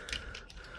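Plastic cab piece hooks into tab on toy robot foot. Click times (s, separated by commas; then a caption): 0.1 s. The plastic hooks of a truck-cab piece on a Transformers Voyager class Inferno robot toy are clipped onto a small tab on the foot, giving a sharp plastic snap at 0.1 s followed by two fainter clicks. The piece snaps into place and is seated on the foot.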